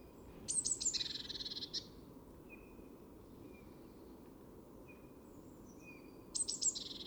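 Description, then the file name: Eurasian blue tit calling: a few sharp high notes running into a short buzzy churr, repeated once later, with thin, short whistled notes between. "Cyanistes caeruleus"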